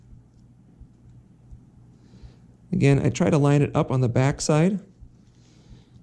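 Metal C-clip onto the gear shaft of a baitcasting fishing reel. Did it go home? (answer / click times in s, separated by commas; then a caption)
no / none. A metal C-clip is being lined up on the gear shaft of an Abu Garcia Revo baitcasting fishing reel, on the back side, before it is pushed home. Someone talks from about 2.7 to 4.8 seconds over faint background noise. The clip has not clicked or seated yet.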